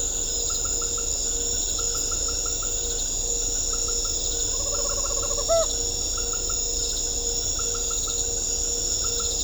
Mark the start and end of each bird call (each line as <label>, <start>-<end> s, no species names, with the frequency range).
bird call (0.2-1.9 kHz), 4.25-5.73 s